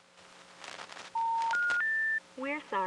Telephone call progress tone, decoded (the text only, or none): special information tone